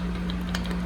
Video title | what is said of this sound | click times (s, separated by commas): 2003 F350 Ball Joints 4x4 | and then you can put your snap ring in make sure then all the way bottom down you hear it click in okay it | 0.6 s